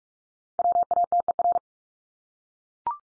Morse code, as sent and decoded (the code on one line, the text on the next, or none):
.-- .- - . .-.
WATER